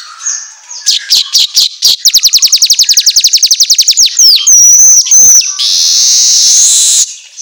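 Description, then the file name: Asian golden weaver song: scattered chips speed into a long rapid rattle, then thin whistled slurs and a sustained hissing buzz. Meant for training songbirds to sing vigorously ('auto gacor'). "Suara Kicau Manyar Kepala Emas Auto Gacor"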